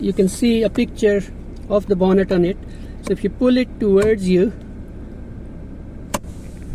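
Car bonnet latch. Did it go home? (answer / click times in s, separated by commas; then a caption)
released / 6.1 s. Someone talks while the bonnet release lever on the right of a car's steering wheel is pulled towards them. At 6.1 s the bonnet latch releases with a single sharp click, and the bonnet is now unlocked.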